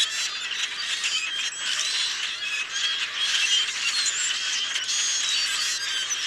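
Common grackle song: a steady, dense chorus of shrill squeaking and grating calls from a large group of birds.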